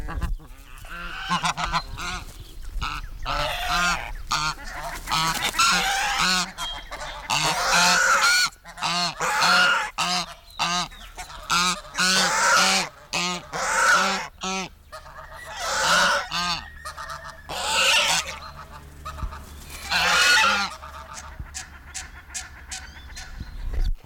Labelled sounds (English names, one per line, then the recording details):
Snow Goose call
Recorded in the wild
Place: Dahme/Mark, Brandenburg, DE
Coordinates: 51.87, 13.43
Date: 1995-04-29 17:43
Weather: heiter, 14°C
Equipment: Marantz CP 430, Sennheiser ME 80, Kopie Uher 4000 Report Monitor
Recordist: Tembrock, Günter